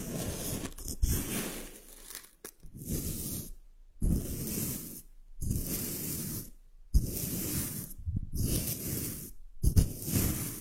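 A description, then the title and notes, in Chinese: A powered sand trigger sends out bursts of rustling, hissing sand, each lasting about a second and a half, with short silent gaps between them. The bursts come at a fairly regular pace, about every 1.5 seconds, with a low rumble underneath and scattered crackles on top. 动力沙触发，沙沙声。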